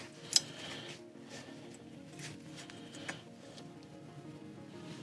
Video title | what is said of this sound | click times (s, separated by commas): Chevy Caprice PPV - Upgrade Brakes/Rotors - Replace Front Wheel Hub Assemblies | right see if we get it snapped into place ok let's | 0.4 s